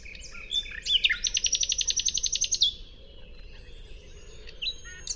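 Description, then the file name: Common nightingale song: a few clear whistled notes, then a loud rapid series of many evenly pulsed high notes, fading into softer scattered whistles. "Luscinia megarhynchos"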